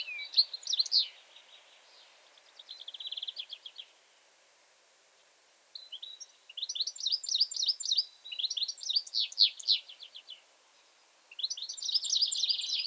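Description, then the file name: European goldfinch singing in bursts: twittering phrases with buzzy trills, a long silent gap in the middle, then more energetic tinkling song. "Carduelis carduelis"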